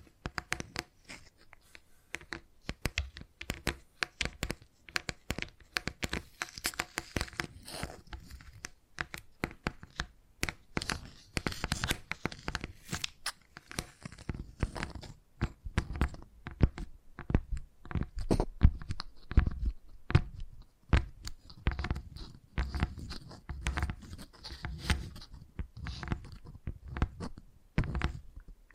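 Tingly tapping sounds run throughout, a dense, irregular stream of quick, sharp taps with a crisp, crinkly edge. The taps come in busy clusters with brief gaps, growing somewhat louder and fuller after the midpoint, with a low thud under many strikes.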